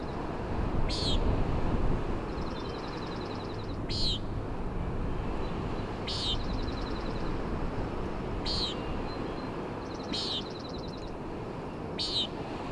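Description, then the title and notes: Common nighthawk giving six short nasal peents at irregular intervals, with a faint rapid high trill and steady wind and surf noise. "Common Nighthawk "peenting" and "wing booms" 3:58am on top of Schoodic Head (Schoodic Div., Acadia National Park)"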